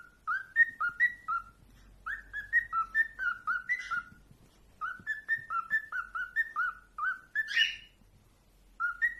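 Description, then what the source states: Cockatiel whistling a tune of clear, bouncing notes that step up and down, in phrases broken by short gaps, with a few buzzy squeaks. Several cockatiels singing, whistling.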